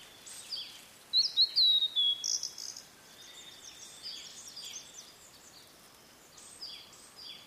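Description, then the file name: Blue-and-white flycatcher with a short phrase of high whistled notes sliding downward, then quieter scattered chirps. "oruri"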